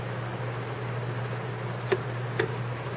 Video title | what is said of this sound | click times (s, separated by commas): 2013 Honda Fit Cabin Filter Replacement | it catches and we're all good | 1.9 s, 2.4 s